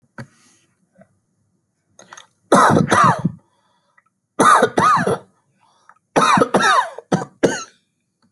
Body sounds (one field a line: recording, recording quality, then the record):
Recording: shallow voluntary cough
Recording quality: excellent, no background noise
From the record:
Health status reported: healthy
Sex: male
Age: 35 years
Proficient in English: yes